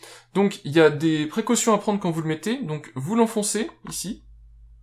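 Someone talks while a smartphone is being handled and pushed onto the micro-USB/USB-C connector of a Samsung Gear VR headset. The phone has not yet seated or clicked into place by the end of the clip.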